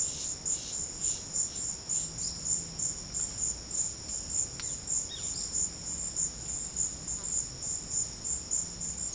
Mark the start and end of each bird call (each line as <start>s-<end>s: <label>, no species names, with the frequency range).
5.08s-5.35s: bird call (1.1-4.1 kHz)